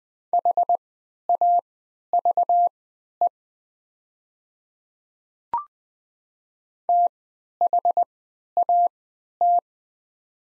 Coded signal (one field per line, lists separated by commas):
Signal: Morse code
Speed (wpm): 20 wpm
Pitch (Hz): 700 Hz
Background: none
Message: HAVE THAT